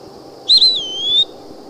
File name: Eastern Pewee